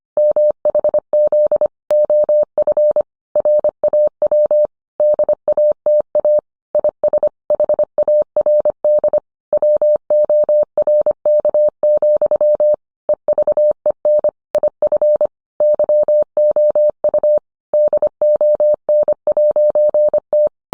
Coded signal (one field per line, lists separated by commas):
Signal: Morse code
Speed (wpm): 25 wpm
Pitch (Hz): 600 Hz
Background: none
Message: MHZ OF RAW DATA IS HARD WORK, EVEN IF YOU DON'T